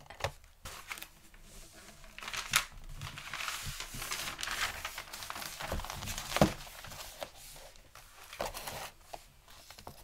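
Gift wrapping paper crinkles and rustles almost without pause, bright and dense, swelling in the middle seconds. Sharp snaps and crackles cut through at irregular moments, notably near 2.5 and 6.5 seconds, with a few quieter stretches near the start and end.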